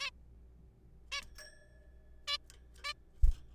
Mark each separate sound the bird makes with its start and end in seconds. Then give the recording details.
0.01-0.10, 1.12-1.21, 2.28-2.37, 2.84-2.93. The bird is a juvenile. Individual R3428